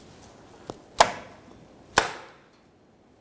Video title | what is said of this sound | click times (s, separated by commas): How to Replace License Plate Light 1998-2011 Ford Ranger | put it in place aligning your two locking tabs and press it in until you hear a click from both sides | 1.0 s, 2.0 s